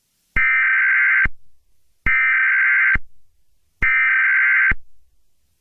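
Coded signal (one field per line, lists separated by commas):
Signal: Emergency Alert System (SAME) tones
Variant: header bursts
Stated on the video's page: Fictional EAS scenario, not a real alert.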